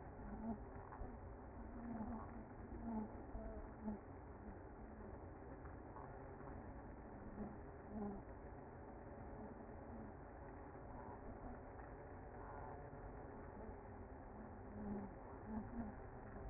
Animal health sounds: honeybee colony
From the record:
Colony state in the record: active

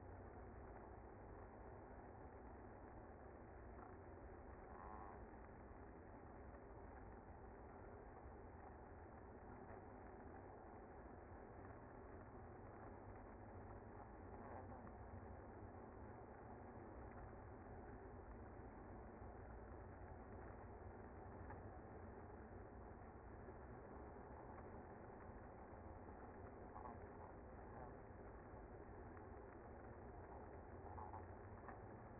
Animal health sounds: honeybee colony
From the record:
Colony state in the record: active

